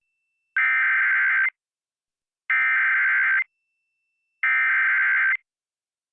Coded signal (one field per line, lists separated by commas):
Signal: Emergency Alert System (SAME) tones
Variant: header bursts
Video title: EAS Tornado Warning SE Wisconsin (Tornado On The Ground!) NOAA Weather Radio +WeatherSTAR4000